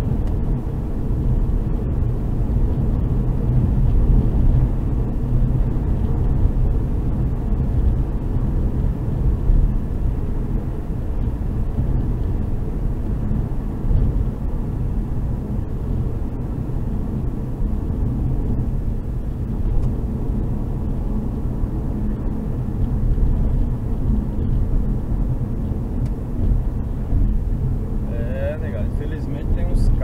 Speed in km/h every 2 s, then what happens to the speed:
119, 120, 122, 121, 118, 117, 115, 111, 110, 110, 109, 105, 102, 102, 103.
0-5 steady at about 120. 5-24 slows to 102. 24-30 steady at about 102.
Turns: none.